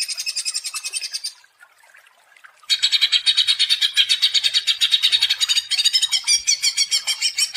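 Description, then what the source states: Leafbird song, a rapid chattering run of buzzy high notes, a brief pause, then a longer burst of rattling, warbled phrases. Vigorous song used as a training and lure recording for cage birds.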